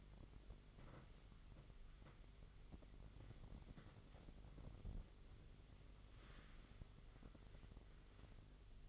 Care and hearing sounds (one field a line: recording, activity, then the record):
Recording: daily activity, microphone in the room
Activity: wipe stove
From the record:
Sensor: 4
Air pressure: 1004.1 hPa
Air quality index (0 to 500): 157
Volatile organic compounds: 2 ppm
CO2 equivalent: 1122 ppm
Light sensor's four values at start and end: 13/30/12/13 and 12/29/12/13